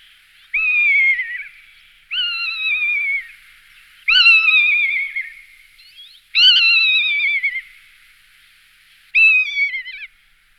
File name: Kane rousna Buteo lagopus